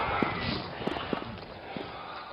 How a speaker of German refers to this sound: Das ist mein eigener Sound, den ich produziert habe mit meinen Schritten. Und ich komme mir dann dabei vor, auch fast wie so eine Nadel von einem alten Plattenspieler, der ganz sensibel die Umgebung abtastet.